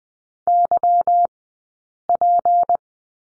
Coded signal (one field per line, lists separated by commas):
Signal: Morse code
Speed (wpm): 20 wpm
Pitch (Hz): 700 Hz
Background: none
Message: YP